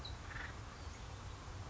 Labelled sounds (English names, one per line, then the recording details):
Acorn Woodpecker
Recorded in Sonoma County, California